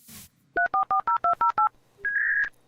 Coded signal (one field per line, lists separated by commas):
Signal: DTMF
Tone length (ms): 120 ms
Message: 3440208